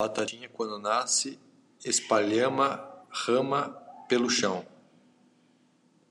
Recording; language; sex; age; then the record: short text; Brazilian Portuguese; male; 30 to 39 years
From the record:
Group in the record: control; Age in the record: 30 years